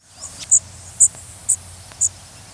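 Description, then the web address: Blackburnian warbler song: four very high, thin, short notes evenly spaced about half a second apart over a faint steady hiss. "species warblers blbw blbw"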